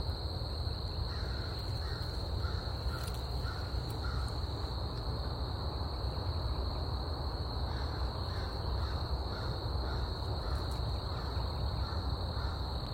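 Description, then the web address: Crow giving several soft caws, early on and again later, over a constant high insect trill and low rumble. Scout Island, 19 April; with crickets. "scoutisland. crickets-crows-bea-eating-leaves-19 april"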